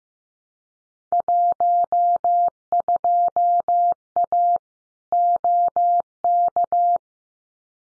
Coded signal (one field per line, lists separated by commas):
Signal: Morse code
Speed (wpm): 15 wpm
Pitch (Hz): 700 Hz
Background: none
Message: 12A OK